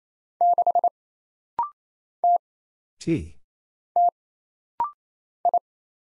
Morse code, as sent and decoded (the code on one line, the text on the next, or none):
-.... / - / - / ..
6 T T I